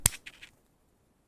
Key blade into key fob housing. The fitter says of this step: push together and click into place